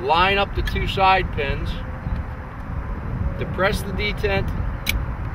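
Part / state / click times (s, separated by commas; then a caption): metal side plate closing onto the pins of a rope belay device / seated / 4.9 s. With the rope rigged, the metal side plate of a Traverse Rescue 540 rescue belay device is swung back over the two side pins while the detent is pressed, then pressed in to lock, with its bearings extending out and snapping into place. Someone talks over a steady low rumble, and a single sharp click at 4.9 s marks the side plate seating and locking closed.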